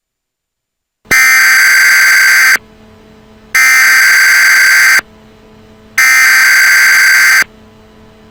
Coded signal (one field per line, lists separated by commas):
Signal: Emergency Alert System (SAME) tones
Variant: header bursts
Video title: Emergency Alert System Zombie Attack